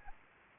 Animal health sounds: mosquito wingbeat signal from an infrared sensor; Anopheles gambiae

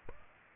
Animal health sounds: mosquito wingbeat signal from an infrared sensor; Aedes aegypti

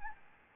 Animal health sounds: mosquito wingbeat signal from an infrared sensor; Aedes albopictus

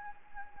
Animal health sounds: mosquito wingbeat signal from an infrared sensor; Anopheles gambiae

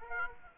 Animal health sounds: mosquito wingbeat signal from an infrared sensor; Aedes aegypti

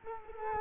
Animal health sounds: mosquito wingbeat signal from an infrared sensor; Culex quinquefasciatus

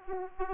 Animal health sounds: mosquito wingbeat signal from an infrared sensor; Aedes aegypti

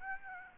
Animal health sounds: mosquito wingbeat signal from an infrared sensor; Aedes aegypti

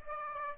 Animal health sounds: mosquito wingbeat signal from an infrared sensor; Aedes aegypti

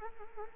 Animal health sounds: mosquito wingbeat signal from an infrared sensor; Anopheles arabiensis

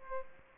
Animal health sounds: mosquito wingbeat signal from an infrared sensor; Aedes aegypti

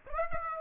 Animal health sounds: mosquito wingbeat signal from an infrared sensor; Aedes aegypti

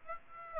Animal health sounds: mosquito wingbeat signal from an infrared sensor; Aedes aegypti

